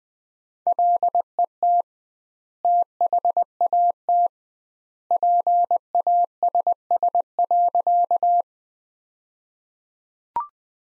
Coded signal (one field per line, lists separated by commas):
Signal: Morse code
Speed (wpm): 20 wpm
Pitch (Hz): 700 Hz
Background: none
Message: LET THAT PASS.